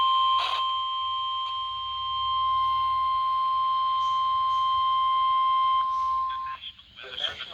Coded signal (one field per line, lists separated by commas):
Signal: Emergency Alert System (SAME) tones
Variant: 1050 Hz attention tone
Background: speech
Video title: A good week or so of storms pt 1 (eas alerts from june 25-26 2025)